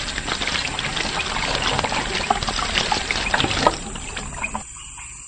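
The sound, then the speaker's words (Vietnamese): Water trickles and splashes steadily as a woman bends down and scoops clear, knee-deep water over a pebble bed in a cave with her hand to taste a sip, a dense, bright wash of droplets with small irregular splashes, easing off abruptly near the end. “Cô cúi xuống đưa tay vụt nước, nhấm thử một ngụm.”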